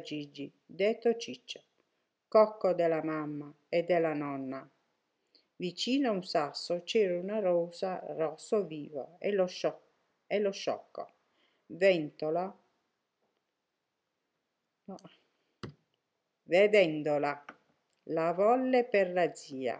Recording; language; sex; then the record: read passage; Italian; female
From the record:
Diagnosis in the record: healthy control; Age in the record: 63 years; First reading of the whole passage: 70 s, 6.7 characters per second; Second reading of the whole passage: 71 s, 6.6 characters per second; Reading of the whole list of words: 45 s, 6.3 characters per second